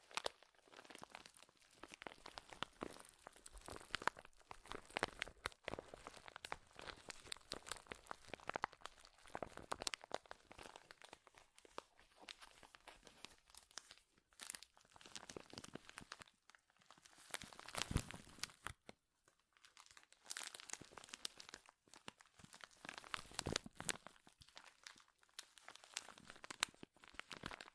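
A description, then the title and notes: Dense, crackling crinkles run almost without pause for the whole stretch, a busy scatter of sharp, bright snaps and rustles. The loudness swells and dips irregularly, with brief quieter gaps around 5, 14–16 and 19 seconds and stronger bursts near 10 and 18 seconds. Powerful Crinkles.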